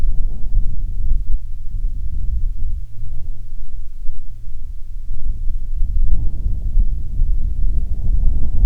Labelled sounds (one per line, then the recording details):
wind
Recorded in the Prudhoe Bay oil fields, Alaska, on 7 August 2019 at 14:25
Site 17